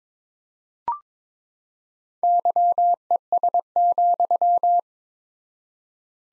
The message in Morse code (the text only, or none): YES,